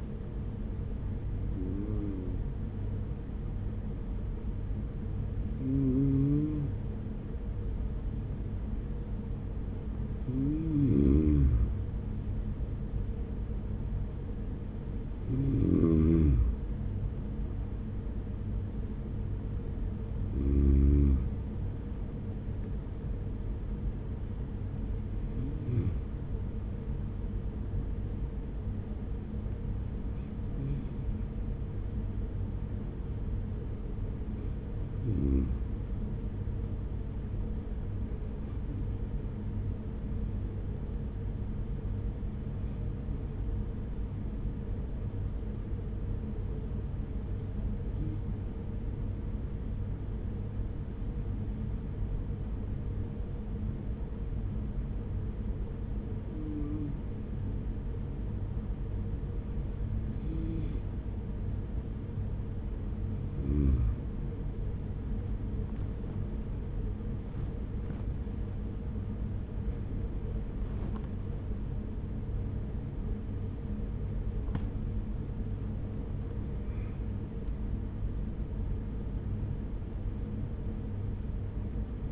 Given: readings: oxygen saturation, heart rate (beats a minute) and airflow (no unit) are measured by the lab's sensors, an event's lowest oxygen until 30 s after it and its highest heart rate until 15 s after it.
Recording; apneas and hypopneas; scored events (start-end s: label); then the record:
breathing in sleep by a smartphone at the bedside; 1
42.00-66.20 s: hypopnea (N1, oxygen 95% highest, then 92% lowest, heart rate 46 at the start, 70 highest)
43.00-73.00 s: new sleep stage, N2 (light sleep)
73.00-82.12 s: new sleep stage, N1 (lightest sleep)
From the record:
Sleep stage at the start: N1 (lightest sleep); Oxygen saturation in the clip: 92 to 95%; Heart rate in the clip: 41 to 72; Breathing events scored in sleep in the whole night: 210 in 6.9 hours asleep